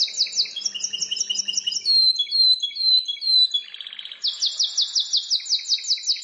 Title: Ciblek Sawah